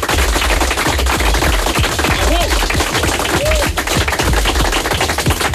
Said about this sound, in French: Beaucoup de monde ici même en studio ce matin. Vous avez le droit d'applaudir la naissance de France Bleu Maine, s'il vous plaît.